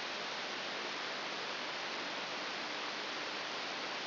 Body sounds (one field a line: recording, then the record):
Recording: brain microelectrode recording played as sound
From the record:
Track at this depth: inside the subthalamic nucleus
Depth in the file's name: 4.402 mm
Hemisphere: right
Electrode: 3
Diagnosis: Parkinson's disease